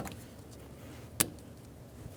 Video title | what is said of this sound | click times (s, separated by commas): How to Replace Fuel Pump Module 2007-2011 Toyota Camry | lock make sure it's clipped into place | 1.2 s